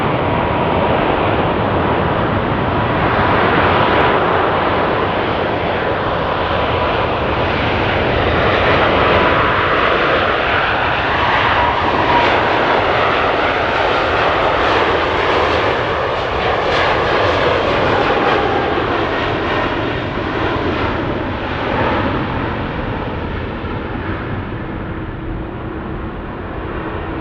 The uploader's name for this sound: Airplane Sound - Take offs